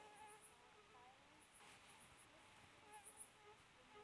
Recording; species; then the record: mosquito flight sound by mobile phone; Aedes sierrensis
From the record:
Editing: cut to the mosquito's sound